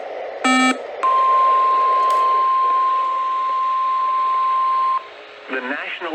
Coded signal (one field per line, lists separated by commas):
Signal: Emergency Alert System (SAME) tones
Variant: 1050 Hz attention tone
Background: speech